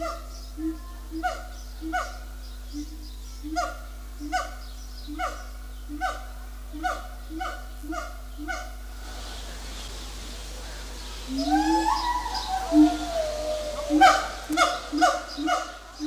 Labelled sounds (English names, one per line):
Siamang